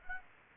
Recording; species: mosquito wingbeat signal from an infrared sensor; Aedes aegypti